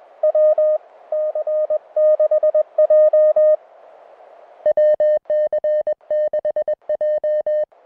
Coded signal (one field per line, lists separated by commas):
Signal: Morse code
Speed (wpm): 21 wpm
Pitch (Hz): 590 Hz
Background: music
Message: WC6J WC6J